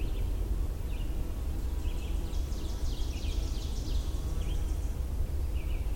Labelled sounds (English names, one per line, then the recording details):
Ovenbird song
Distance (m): 95 m
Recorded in boreal forest in Alberta, Canada, on 21 June 2016 at 07:22
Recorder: SongMeter 3, array SBT-6-81
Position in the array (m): 164 m, 246 m
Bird 25